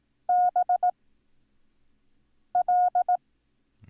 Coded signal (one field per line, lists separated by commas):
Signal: Morse code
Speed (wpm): 18 wpm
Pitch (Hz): 720 Hz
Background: none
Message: B L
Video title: Learn Morse Code - Lesson 8